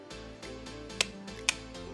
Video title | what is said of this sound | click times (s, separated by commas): NEW COMPUTER BUILD DONE?!?! | there's the clicks | 1.0 s, 1.5 s